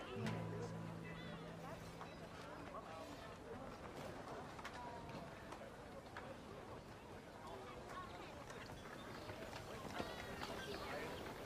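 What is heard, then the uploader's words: A quiet medieval town with a steady murmur of overlapping chatter, voices rising and falling throughout. Scattered clicks and clacks, possibly a horse cart, tap through the scene, with a sharper knock near ten seconds. A faint low tone holds during the first three seconds. Quiet medieval town | distance music/chatter/horse cart.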